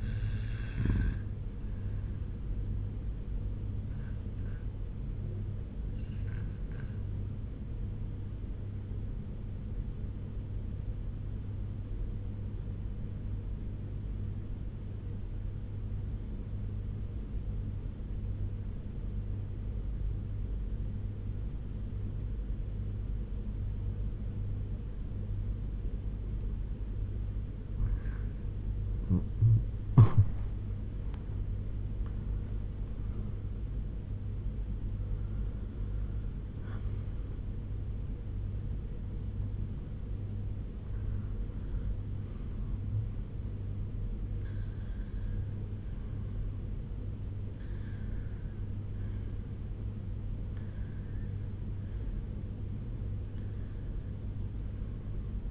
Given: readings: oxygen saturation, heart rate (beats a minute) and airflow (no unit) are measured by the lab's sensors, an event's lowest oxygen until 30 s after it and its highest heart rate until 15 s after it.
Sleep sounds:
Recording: breathing in sleep by a smartphone at the bedside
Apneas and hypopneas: 1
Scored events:
10.00-28.30 s: obstructive apnea (REM, oxygen 97% highest, then 94% lowest, heart rate 79 at the start, 96 highest)
From the record:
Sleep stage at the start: REM sleep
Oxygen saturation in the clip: 94 to 97%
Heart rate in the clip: 79 to 96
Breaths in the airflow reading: 9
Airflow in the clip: -8.7 to 6.8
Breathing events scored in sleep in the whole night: 201 in 6.5 hours asleep

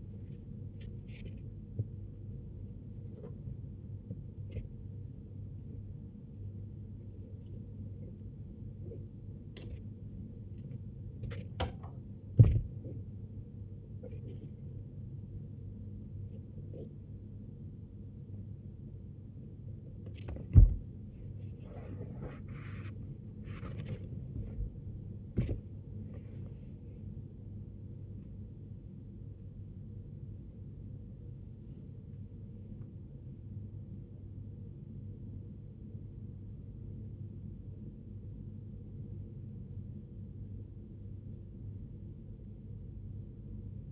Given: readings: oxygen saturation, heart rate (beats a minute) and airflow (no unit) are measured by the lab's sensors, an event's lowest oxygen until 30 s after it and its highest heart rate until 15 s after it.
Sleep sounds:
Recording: a person awake in a sleep study, by a smartphone at the bedside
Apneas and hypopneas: none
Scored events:
0.00-43.92 s: awake
From the record:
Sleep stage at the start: awake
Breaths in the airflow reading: 15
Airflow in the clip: -0.9 to 0.8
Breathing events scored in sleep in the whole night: 389 in 6.3 hours asleep

